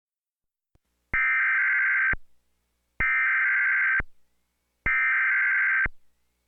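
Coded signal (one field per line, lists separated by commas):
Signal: Emergency Alert System (SAME) tones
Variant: header bursts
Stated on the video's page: Fictional EAS scenario with simulated weather radio alerts, not a real event.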